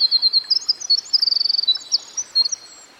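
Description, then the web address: Winter wren song: a brisk run of very high chips and a fast rattling trill, fading out at the end. Winter wren singing by a stream. "Dan Gibson Songbirds By The Stream. Winter Wren"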